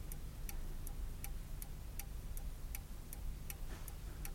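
An old 18th-century clock with a golden grille, above a fireplace, ticks steadily, with sharp, bright clicks roughly every third of a second over a low, constant hum. No one speaks.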